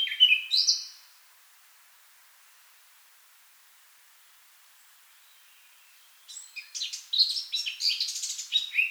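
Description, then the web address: Eurasian blackcap: a brief warbled note opens, followed by five seconds of near silence, then a lively, fast songbird warble of chirps and whistles. "SETE Sylvia atricapilla"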